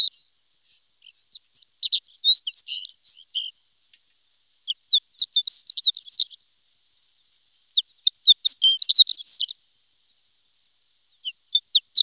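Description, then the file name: Horned lark singing a run of thin, high, jingling notes, each phrase starting with a few spaced chirps and speeding into a rapid twittering trill, repeated after short pauses. "shore lark"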